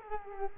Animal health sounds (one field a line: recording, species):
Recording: mosquito wingbeat signal from an infrared sensor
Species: Culex quinquefasciatus